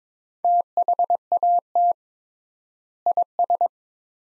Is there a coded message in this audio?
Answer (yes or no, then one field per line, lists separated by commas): yes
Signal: Morse code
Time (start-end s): 0.4-3.7 s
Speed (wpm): 22 wpm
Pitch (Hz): 700 Hz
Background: none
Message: THAT IS